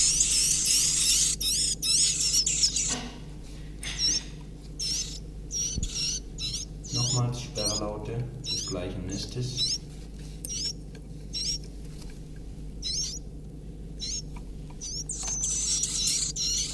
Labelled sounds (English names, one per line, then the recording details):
Iberian Chiffchaff call
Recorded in captivity
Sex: group
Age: juvenile
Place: Zoologisches Institut Universität Tübingen, Baden-Württemberg, DE
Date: 1964-06-16 14:15
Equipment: Nagra III PH, dynamisches Mikrophon, LGS26
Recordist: Schneider, Hans-Joachim
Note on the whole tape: Phylloscopus collybita brehmii (alte Bezeichnung, inzwischen eigene Art). Nest Nr. 3. Weichfresser-Käfig verhangen. Tiere ca. 14-tägig: Speerlaute etc